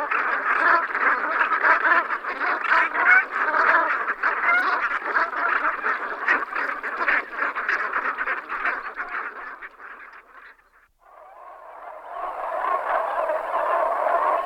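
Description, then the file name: Brant goose flock calling, a dense, continuous chorus of guttural, gabbling honks that overlap heavily, briefly fading near the eleventh second before swelling again. "Berneska tmava Branta bernicla"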